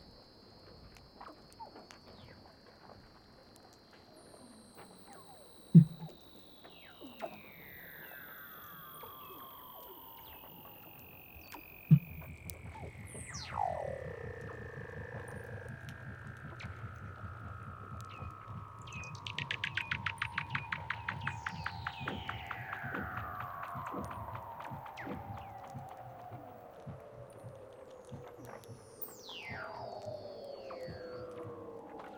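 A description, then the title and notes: Weddell seals call underwater in long, slowly falling whistles and descending trills, with rapid pulsing bursts around twenty seconds and sharp knocks at six and twelve. Douglas Quin - Weddell Seals (Underwater).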